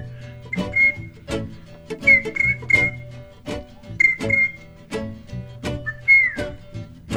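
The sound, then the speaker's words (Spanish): Short whistled bird-like calls repeat about four times, high and thin, some with a quick downward slide, over a low steady hum and scattered clicks and knocks. “Bueno, pará que me está avisando otro pajarito, amigo tuyo de los Little Birds, que no traje el traductor hombre pájaro.”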